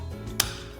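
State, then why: Seated. On a 2000–08 Ford Focus rear drum brake, the spring hardware, with its two metal parts hooked together, is rotated until it snaps into its seat on the brake shoe. A single sharp metallic snap at 0.4 s stands out over a low steady background hum. The spring is seated and now holds itself in place.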